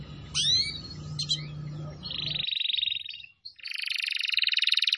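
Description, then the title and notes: Canary song: brief high upward sweeps over a low steady hum, then bright buzzy trills from about two seconds, with a short gap before a second long rattling trill. Canary song used as a lure for catching birds. "Pikat Burung Baru. kenari"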